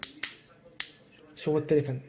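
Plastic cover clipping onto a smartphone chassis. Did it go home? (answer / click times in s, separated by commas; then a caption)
yes / 0.2 s, 0.8 s. A plastic cover is clipped onto the chassis of a Samsung Galaxy A40 smartphone during a screen replacement. Sharp snapping clicks ring out at 0.2 s and 0.8 s as the clips seat, preceded by a smaller click at the very start. Someone then talks.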